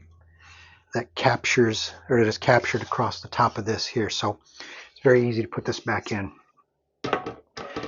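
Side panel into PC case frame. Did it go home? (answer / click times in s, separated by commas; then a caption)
yes / 7.0 s, 7.6 s. Someone talks while the glass side panel of an ASUS TUF GT302 ARGB gaming case is set into its bottom ridge and the top is rotated in toward the case frame. Two sharp snaps are heard at 7.1 s and 7.6 s as the small ball detents go into their receivers, and the panel is seated.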